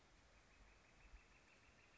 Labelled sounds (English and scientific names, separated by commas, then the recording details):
Northern Flicker (Colaptes auratus)
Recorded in Sonoma County, California